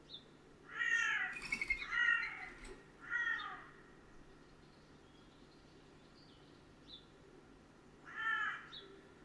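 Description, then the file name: Carrion crow uttering a rapid series of three or four raspy caws, a pause with faint high notes, then one more hoarse caw near the end. "Corvus corone"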